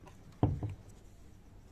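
A part of the spinner (dryer) assembly of an LG semi-automatic washing machine is pushed home with a single push and snaps into place with a sharp click at 0.4 s, followed by a softer knock at 0.6 s. The part is seated and fine.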